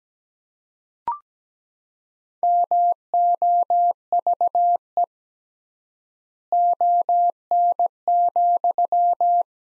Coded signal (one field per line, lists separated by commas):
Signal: Morse code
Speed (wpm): 17 wpm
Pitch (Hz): 700 Hz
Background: none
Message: MOVE ON,